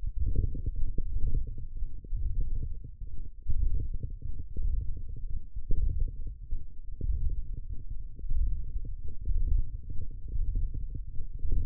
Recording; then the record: forearm muscle sounds (acoustic myography)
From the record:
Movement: ulnar deviation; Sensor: system 1, eight BSWA MPA416 microphones around the upper forearm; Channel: 3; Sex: male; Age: 23 years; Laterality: right